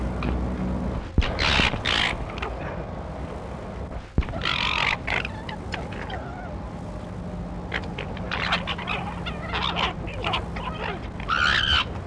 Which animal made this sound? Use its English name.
Corsac Fox